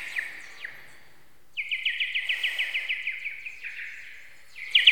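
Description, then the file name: Bird giving a few scattered chirps, then a fast, even run of high chirps, ending with a sudden loud flourish. "Linnut"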